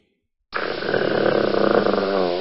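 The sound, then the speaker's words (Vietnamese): A deep, rough growl like a big motorcycle engine revving starts abruptly after a short silence and rumbles on steadily and loudly for about two seconds, with a rattling, vibrating texture. “Tiếng gừ rất rõ ràng, giống như tiếng động cơ phân khối lớn nẹt bô.”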